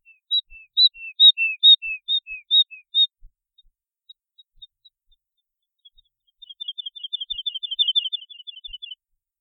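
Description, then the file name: Woodlark song: a phrase of several loud, slurred double notes, a pause with faint notes, then a fast rippling trill of rapid notes. "trädlärka"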